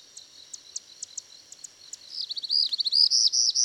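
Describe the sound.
Bird song: scattered high ticks for two seconds, then a rapid, loud sequence of high slurred notes rising in intensity and continuing to the end.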